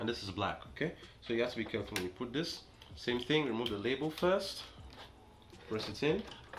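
Someone talks while handling a black ink cartridge for an HP Envy 5055 inkjet printer, removing its label and pressing it into its slot in the printer carriage. A few brief handling knocks are heard near the end, but the cartridge has not seated or clicked yet.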